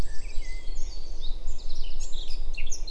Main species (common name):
Eurasian Blackcap